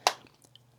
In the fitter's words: You heard the snap. It's in place.